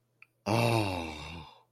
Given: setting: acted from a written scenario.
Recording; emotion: vocal sound without words; realization